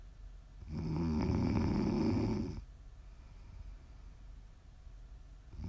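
A loud, low, rattling ASMR snore lasts about two seconds on the in-breath. After roughly three seconds of quiet breathing, the next snore begins, giving a slow, steady cycle of ordinary snoring from an adult sleeper.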